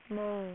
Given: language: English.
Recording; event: throat vibration sensor signal played as sound; speech